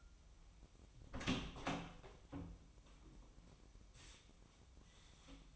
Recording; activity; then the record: daily activity, microphone in the room; open door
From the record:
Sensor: 1